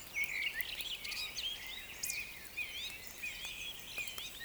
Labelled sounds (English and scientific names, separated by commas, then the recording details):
Eurasian Woodcock (Scolopax rusticola)
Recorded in Baden-Württemberg, Germany, on 28 June 2020 at 02:44 UTC
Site 43791, 788 m above sea level